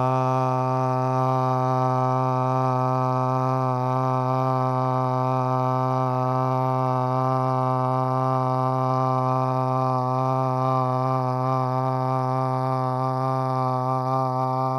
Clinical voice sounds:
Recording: sustained vowel /a/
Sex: male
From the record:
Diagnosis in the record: Parkinson's disease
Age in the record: 50 years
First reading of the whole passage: 72 s, 7.2 characters per second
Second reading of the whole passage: 54 s, 9.6 characters per second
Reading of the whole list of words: 40 s, 7.1 characters per second

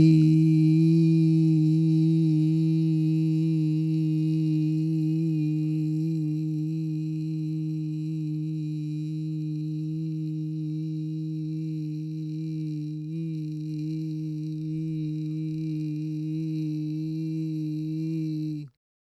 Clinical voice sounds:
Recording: sustained vowel /i/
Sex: male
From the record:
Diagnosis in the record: Parkinson's disease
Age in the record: 56 years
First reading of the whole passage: 87 s, 6.0 characters per second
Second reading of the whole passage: 67 s, 7.8 characters per second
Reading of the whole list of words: 59 s, 4.8 characters per second

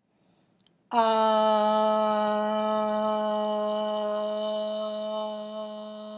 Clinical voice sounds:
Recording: sustained vowel /a/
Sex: female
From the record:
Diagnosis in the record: healthy control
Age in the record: 69 years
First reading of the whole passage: 57 s, 9.1 characters per second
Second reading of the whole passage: 50 s, 10.4 characters per second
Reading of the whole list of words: 47 s, 6.0 characters per second

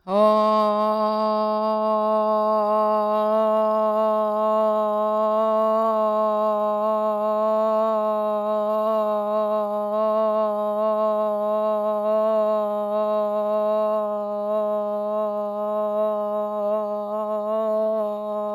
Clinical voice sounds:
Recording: sustained vowel /o/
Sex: female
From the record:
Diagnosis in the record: Parkinson's disease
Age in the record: 40 years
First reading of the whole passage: 61 s, 7.8 characters per second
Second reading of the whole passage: 52 s, 9.9 characters per second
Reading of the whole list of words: 55 s, 5.1 characters per second

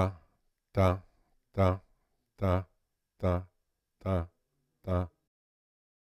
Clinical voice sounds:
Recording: repeated syllable /ta/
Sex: male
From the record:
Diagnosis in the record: Parkinson's disease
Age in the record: 65 years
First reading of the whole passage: 52 s, 9.9 characters per second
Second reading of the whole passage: 50 s, 10.3 characters per second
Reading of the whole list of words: 40 s, 7.0 characters per second

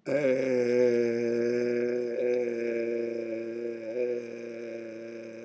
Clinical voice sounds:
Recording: sustained vowel /e/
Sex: male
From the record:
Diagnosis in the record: healthy control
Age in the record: 60 years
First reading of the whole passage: 60 s, 8.3 characters per second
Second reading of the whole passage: 54 s, 9.4 characters per second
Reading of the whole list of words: 38 s, 7.2 characters per second

